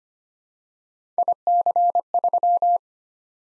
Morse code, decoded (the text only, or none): IC3